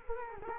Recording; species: mosquito wingbeat signal from an infrared sensor; Culex quinquefasciatus